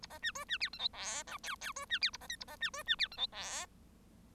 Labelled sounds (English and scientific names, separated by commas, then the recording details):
Bengalese Finch (Lonchura striata domestica) song
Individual Bird1